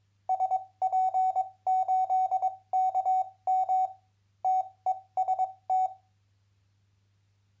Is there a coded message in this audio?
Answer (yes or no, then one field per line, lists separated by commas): yes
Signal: Morse code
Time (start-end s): 0.3-5.9 s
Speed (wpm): 22 wpm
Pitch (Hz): 750 Hz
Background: none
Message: SP8KM TEST